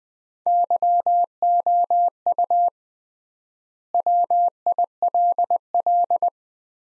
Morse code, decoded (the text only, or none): YOU WILL